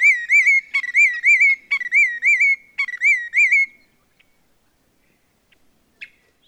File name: Willet